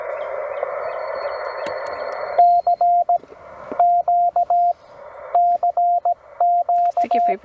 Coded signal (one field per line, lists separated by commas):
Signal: Morse code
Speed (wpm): 17 wpm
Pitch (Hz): 700 Hz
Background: speech, radio noise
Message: C Q CQ